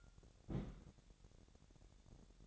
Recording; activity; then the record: daily activity, microphone in the room; place on stove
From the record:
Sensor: 3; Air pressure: 1012.1 hPa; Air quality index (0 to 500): 196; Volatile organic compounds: 3 ppm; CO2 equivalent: 1469 ppm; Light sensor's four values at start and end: 121/285/118/107 and 121/285/118/107